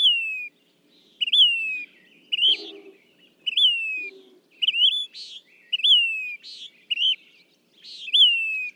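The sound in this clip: Say's phoebe: plaintive down-slurred whistled notes alternating with short burry notes, repeated several times; a couple of soft low sounds in the background.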